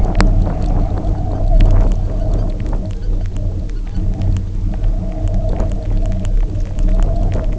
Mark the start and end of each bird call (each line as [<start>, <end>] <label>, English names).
[1.21, 4.19] Arctic Tern